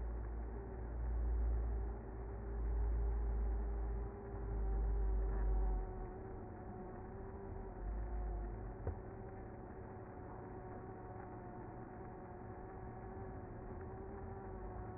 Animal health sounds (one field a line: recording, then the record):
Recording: honeybee colony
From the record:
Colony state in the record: active